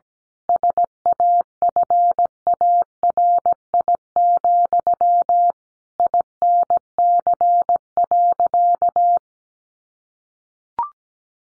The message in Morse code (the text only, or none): SAFARI, INC.